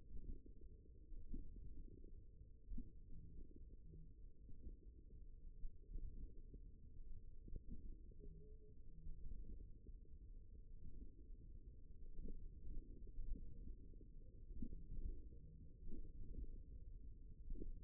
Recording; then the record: forearm muscle sounds (acoustic myography)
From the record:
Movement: hand closing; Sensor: system 1, eight BSWA MPA416 microphones around the upper forearm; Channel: 4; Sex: male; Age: 54 years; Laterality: right